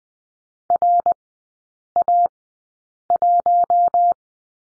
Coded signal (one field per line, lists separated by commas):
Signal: Morse code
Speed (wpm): 20 wpm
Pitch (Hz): 700 Hz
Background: none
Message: RA1